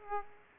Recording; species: mosquito wingbeat signal from an infrared sensor; Aedes aegypti